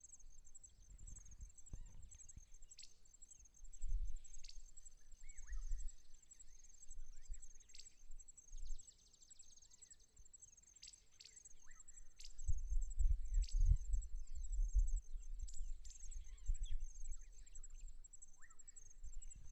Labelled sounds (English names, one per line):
Red-pate Cisticola